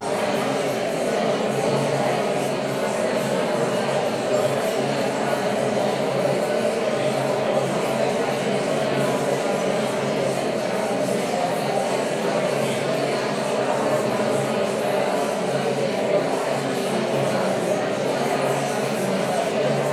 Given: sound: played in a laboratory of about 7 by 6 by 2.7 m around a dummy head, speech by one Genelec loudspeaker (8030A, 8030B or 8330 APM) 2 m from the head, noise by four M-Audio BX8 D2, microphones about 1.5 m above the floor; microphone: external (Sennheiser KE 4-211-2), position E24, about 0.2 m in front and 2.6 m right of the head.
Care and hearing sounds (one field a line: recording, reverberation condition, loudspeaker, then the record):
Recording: babble noise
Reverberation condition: high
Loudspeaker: four, about 170 cm from the corners of the room and facing them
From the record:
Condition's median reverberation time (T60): about 1300 ms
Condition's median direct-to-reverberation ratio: about -4.0 dB